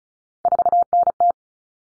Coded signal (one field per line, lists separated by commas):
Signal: Morse code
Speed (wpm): 34 wpm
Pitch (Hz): 700 Hz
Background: none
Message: 4NT